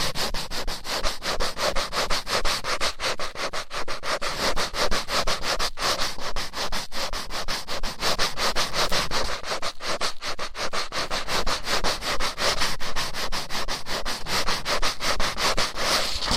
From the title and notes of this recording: ASMR Rough Ear Cleaning (No Talking).